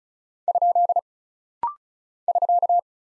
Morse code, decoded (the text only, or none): ? <SK>